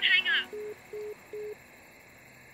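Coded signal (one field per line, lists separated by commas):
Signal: none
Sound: phone call ending beeps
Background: speech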